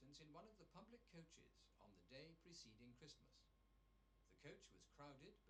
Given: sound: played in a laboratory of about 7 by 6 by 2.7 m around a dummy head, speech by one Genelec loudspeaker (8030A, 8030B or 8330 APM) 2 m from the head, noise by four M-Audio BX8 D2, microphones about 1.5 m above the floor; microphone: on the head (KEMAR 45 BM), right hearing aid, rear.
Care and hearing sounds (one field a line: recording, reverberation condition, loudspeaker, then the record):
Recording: male speech in English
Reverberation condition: low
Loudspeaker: 30 degrees to the right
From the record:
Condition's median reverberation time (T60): about 310 ms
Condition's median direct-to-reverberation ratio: about 3.5 dB